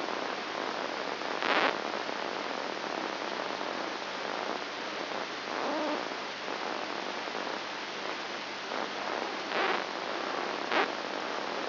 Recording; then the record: brain microelectrode recording played as sound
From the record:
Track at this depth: inside the subthalamic nucleus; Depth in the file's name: 1.904 mm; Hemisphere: left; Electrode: 3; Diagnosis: Parkinson's disease